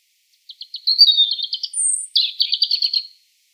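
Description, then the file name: European robin song: two thin, high warbling phrases of rapid trilled notes, separated by a brief pure whistle far higher, with clean silence around them. "Erithacus rubecula"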